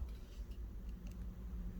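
A proximity sensor flex cable connector is handled near its socket on a phone logic board while the screen is being refitted. A steady low rumble fills the background, with faint, brief ticks around 1.1 s. The connector has not seated or clicked yet.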